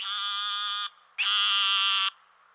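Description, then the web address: Eastern narrowmouth toad making two flat, sheep-like buzzing bleats about a second each, separated by a brief gap. "Dan Gibson Wildlife Identification By Sound, Western North America. Eastern Narrowmouth Toad"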